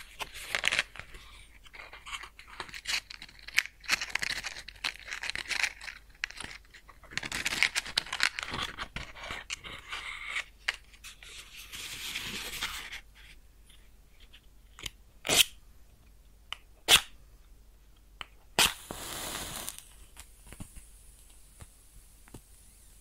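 A match is struck and burns with dense crackling and sizzling for about thirteen seconds, then sparse sharp snaps around 15, 17 and 19 seconds.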